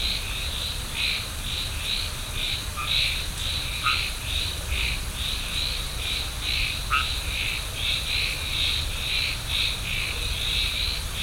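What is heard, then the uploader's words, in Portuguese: A forest at night, filled with a steady, rapid pulsing chorus of frogs or insects in a high, bright register, repeating in quick regular bursts throughout. A low rumble sits underneath, and a few brief higher calls break through near the third, fourth and seventh seconds. Floresta noite Binaural.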